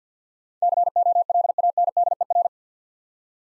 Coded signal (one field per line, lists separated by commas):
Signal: Morse code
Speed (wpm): 51 wpm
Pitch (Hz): 700 Hz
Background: none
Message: COLANDER